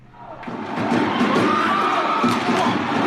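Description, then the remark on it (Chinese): A crowd cheers and shouts at an ice hockey rink at the ice hockey competition of the first Beijing Municipal Winter Games, the roar swelling quickly after a quieter start and holding loud and dense throughout, with high voices and scattered thuds mixed in. “随着冰球场上的阵阵欢呼，昨天北京市第一届冬季运动会竞技组冰球比赛落下帷幕。”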